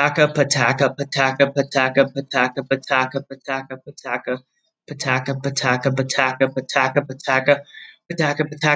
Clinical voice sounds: repeated syllables /pa ta ka/; male; 20 to 29 years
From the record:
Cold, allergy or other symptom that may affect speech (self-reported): no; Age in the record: 24 years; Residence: Alabama, United States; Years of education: 20

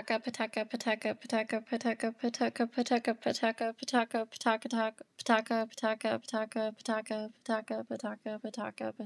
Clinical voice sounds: repeated syllables /pa ta ka/; female; 20 to 29 years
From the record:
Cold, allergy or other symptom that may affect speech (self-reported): no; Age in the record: 26 years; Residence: Indiana, United States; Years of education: 12

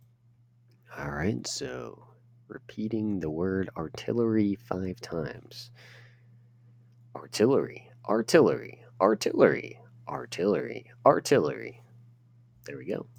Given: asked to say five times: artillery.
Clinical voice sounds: repeated word; male; 20 to 29 years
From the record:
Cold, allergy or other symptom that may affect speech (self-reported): no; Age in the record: 26 years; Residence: Pennsylvania, United States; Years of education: 4

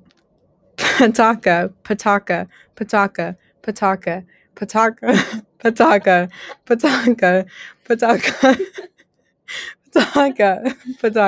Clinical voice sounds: repeated syllables /pa ta ka/; female; 18 to 19 years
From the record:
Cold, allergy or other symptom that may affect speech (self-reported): no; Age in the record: 19 years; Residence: Kansas, United States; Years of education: 13

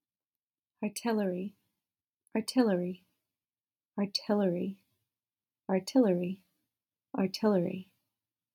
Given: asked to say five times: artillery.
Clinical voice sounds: repeated word; female; 30 to 39 years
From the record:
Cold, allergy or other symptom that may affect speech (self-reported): no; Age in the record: 34 years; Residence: California, United States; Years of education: 16

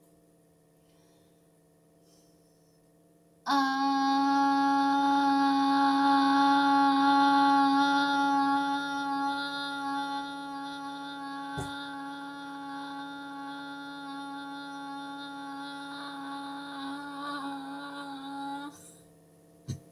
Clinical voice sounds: vowel held as long as possible; female; 30 to 39 years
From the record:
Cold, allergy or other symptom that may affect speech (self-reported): no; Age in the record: 33 years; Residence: Florida, United States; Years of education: 12

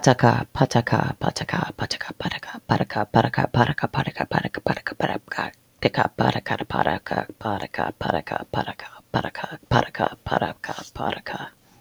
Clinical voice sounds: repeated syllables /pa ta ka/; female; 40 to 49 years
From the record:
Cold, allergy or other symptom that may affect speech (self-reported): no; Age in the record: 41 years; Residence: Oklahoma, United States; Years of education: 16

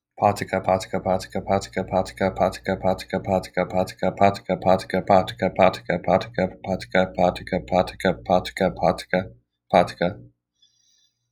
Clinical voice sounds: repeated syllables /pa ta ka/; male; 18 to 19 years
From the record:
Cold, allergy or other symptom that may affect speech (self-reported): no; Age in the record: 19 years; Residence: Missouri, United States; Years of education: 13

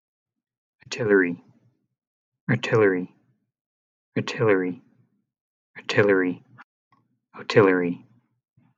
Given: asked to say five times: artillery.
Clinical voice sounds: repeated word; male; 30 to 39 years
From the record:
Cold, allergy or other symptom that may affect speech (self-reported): no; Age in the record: 31 years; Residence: United States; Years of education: 16

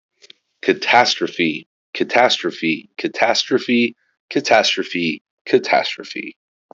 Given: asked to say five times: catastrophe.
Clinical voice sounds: repeated word; male; 30 to 39 years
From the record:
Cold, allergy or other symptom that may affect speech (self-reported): no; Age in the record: 38 years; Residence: Oklahoma, United States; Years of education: 15

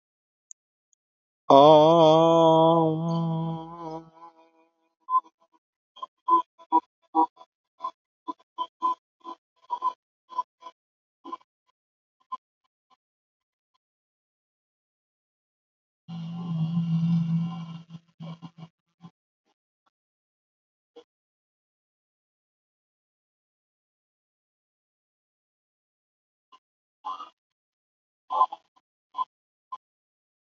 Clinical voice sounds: vowel held as long as possible; male; 20 to 29 years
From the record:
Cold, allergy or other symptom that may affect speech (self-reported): no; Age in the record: 26 years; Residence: Florida, United States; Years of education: 18

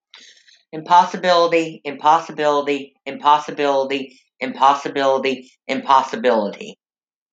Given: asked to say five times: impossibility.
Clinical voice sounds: repeated word; female; 50 to 59 years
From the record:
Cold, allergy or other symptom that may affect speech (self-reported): no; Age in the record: 52 years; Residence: Illinois, United States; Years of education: 14

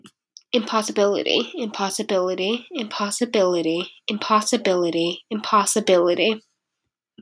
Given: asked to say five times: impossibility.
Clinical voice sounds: repeated word; female; 20 to 29 years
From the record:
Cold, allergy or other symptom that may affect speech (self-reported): no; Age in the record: 22 years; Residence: Maine, United States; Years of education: 15

